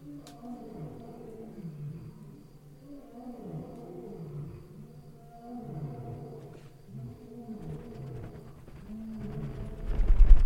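Lion: deep, low moaning grunts in a series, each swelling and fading, with a louder noise at the end.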